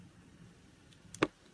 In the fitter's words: 90 degrees, okay. Once you heard the click sound,